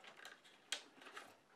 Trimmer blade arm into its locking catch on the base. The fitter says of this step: Um, this blade also locks in place